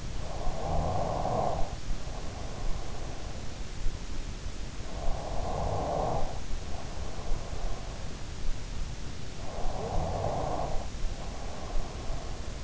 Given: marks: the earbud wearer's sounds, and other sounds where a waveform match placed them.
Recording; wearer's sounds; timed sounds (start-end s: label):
sounds in sleep by an in-ear microphone; snoring breath, breath
0.00-3.39 s: snoring breath
4.93-7.99 s: breath
9.27-12.64 s: breath